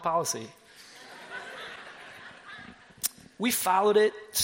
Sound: laughter!